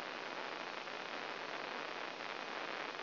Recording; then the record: brain microelectrode recording played as sound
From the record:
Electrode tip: outside the subthalamic nucleus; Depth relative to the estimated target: 3 mm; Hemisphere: left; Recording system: AlphaMap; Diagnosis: Parkinson's disease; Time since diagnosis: 9 years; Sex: male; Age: 66 years